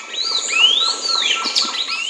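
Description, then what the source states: Sayaca tanager song: a stream of high, thin sweeping notes that rise and fall, with a faint steady tone beneath. Song used to tell it apart from the very similar Azure-shouldered Tanager; said to resemble the song of the Palm Tanager.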